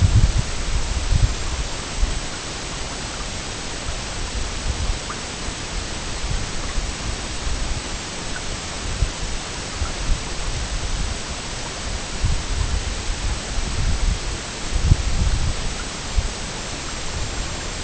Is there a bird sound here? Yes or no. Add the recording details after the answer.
no. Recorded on Arctic tundra, site EABA-MC, on 22 June 2019. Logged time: 00:00